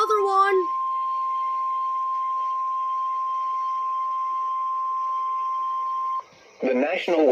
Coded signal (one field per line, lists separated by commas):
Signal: Emergency Alert System (SAME) tones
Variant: 1050 Hz attention tone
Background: speech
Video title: eas #2 another severe thunderstorm warning